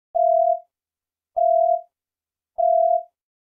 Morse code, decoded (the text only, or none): none